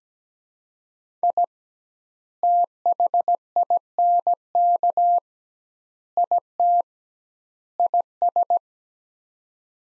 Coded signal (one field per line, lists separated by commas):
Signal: Morse code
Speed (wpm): 17 wpm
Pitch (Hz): 700 Hz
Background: none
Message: I THINK IT IS